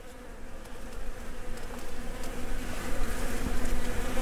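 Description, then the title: Bees buzzing, the hum starting soft and growing louder. Recorded between 2010 and 2012 during professional travels. "Abeilles"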